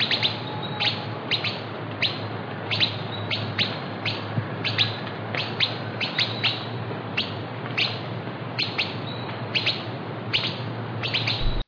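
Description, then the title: Southern chestnut-tailed antbird calling with sharp descending chips, sometimes doubled, repeated steadily throughout over constant background hiss and a low hum. Nominate subspecies hemimelaena. "LuckyPassaro Completos2Sama. Southern Chestnut-tailed Antbird (Myrmeciza hemimelaena hemimelaena)"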